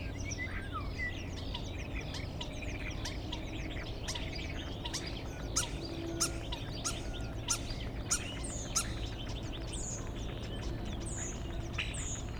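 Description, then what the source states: Common starling chatter of mixed clicks, rattles and short whistles, with sharp snapping notes repeated roughly every half second midway and high whistled slurs at the end. Starlings nesting outside a window in rural Goworów, Poland, mimicking other species; rural birds imitate other birds, not car alarms; recorded with Zoom F4 and AT BP4025.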